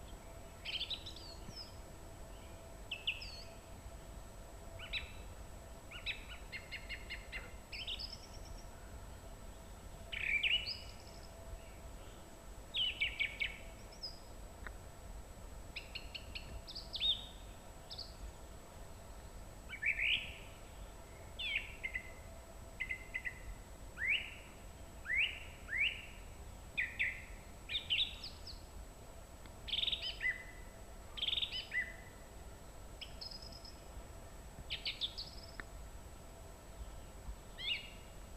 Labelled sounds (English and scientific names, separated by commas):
Song Thrush (Turdus philomelos) song